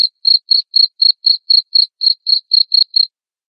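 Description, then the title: Cricket chirping in a run of about twelve sharp, high pulses at a steady rhythm, then stopping into silence. Loud cricket chirping played to make lovebirds keep singing their 'ngekek' trill. "Suara JANGKRIK NGERIK Keras Bikin LOVEBIRD Jadi NGEKEK Terus Vubey"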